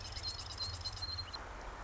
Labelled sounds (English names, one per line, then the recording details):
Marsh Wren
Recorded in Sonoma County, California